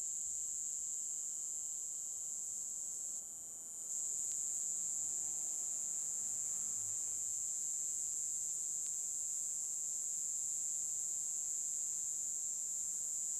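Cicada call, a constant shrill drone that briefly dips and softens, then resumes its unbroken high buzz to the end.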